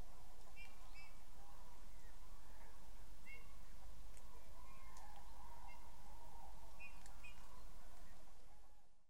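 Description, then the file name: Eurasian bullfinch giving soft, short whistled call notes, some paired, scattered irregularly throughout over a steady low rumble and broad hiss. "Pyrrhula pyrrhula"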